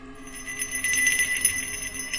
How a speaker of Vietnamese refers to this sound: Nó giống như là cái tiếng chuông gió thổi ở trước cửa nhà.